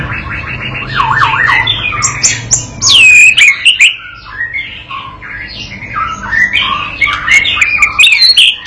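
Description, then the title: White-rumped shama song: a fast rattle, looping slurred whistles and a loud sweeping high whistle, then a continuing mix of chattering and whistled notes. Lure training recording used to teach a young bird to sing energetically and prompt it to answer at once. "MURAI BATU PAUD BELAJAR GACOR, AJARI DENGAN MASTERAN PANCINGAN INI, PANCING LANGSUNG NYAUT"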